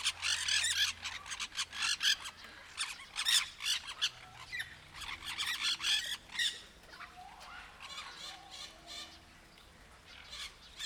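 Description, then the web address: Sulphur-crested cockatoo squawks in a dense run of harsh, rasping bursts for about six seconds, then quieter calls. Captive bird at Nyíregyháza Zoo, recorded in 2019 with a professional recorder left beside the bird. "allathangok nyiregyhazizoo 2019 professzionalis sargabobitas kakadu otthagytukafelvevot nyiregyhaza"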